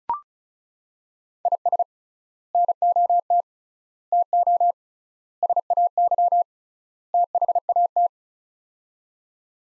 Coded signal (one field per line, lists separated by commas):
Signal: Morse code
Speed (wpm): 36 wpm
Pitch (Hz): 700 Hz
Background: none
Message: IS NOT TO SAY THAT